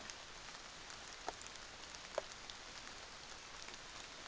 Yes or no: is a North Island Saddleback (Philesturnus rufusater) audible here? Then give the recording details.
no. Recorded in New Zealand on 24 December 2018. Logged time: 06:00